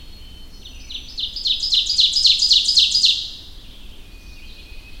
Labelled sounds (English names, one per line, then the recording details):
Ovenbird song
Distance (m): 5 m
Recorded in boreal forest in Alberta, Canada, on 25 June 2016 at 06:33
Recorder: SongMeter 3, array SBT-6-76
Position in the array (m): 34 m, 104 m
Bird 2